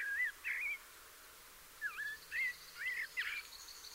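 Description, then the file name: Common blackbird song of mellow, fluted phrases that swoop up and down. Several short bursts come after a pause of about one second. "Turdus merula"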